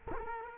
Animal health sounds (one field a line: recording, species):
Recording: mosquito wingbeat signal from an infrared sensor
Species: Culex quinquefasciatus